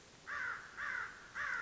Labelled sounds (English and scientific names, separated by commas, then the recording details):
American Crow (Corvus brachyrhynchos)
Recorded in Sonoma County, California